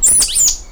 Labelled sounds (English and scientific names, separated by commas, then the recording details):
Stitchbird (Notiomystis cincta) song
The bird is a male
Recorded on Tiritiri Matangi Island, New Zealand, in 2005
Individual 1, of nest box 1